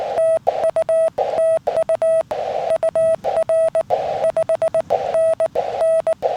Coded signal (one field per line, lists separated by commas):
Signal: Morse code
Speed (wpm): 18 wpm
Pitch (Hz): 1310 Hz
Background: none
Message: TU TU UR 5NN